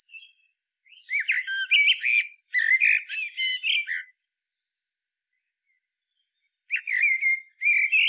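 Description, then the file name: Common blackbird singing: two bursts of warbled, fluty notes, a long pause, then a further warbling phrase near the end. "Turdus merula"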